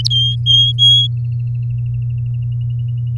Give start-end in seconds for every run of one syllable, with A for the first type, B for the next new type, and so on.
0.10-1.07 A